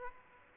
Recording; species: mosquito wingbeat signal from an infrared sensor; Aedes aegypti